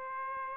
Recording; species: mosquito wingbeat signal from an infrared sensor; Aedes aegypti